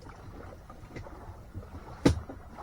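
A clip-in fitting on a folding plastic kayak hull is clipped in and popped into its hole over low background rumble. A sharp click sounds at 2.1 s as the fitting seats.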